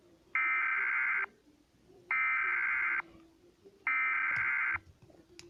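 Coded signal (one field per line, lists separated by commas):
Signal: Emergency Alert System (SAME) tones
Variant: header bursts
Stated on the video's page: Tornado warning with valid tones that could trigger a cable box.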